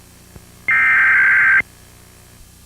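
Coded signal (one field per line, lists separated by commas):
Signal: Emergency Alert System (SAME) tones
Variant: header bursts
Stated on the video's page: Real Required Monthly Test aired on a St. Paul/Minneapolis television station, from a taped recording.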